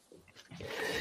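A loud sneeze from an adult man, a so-called dad sneeze.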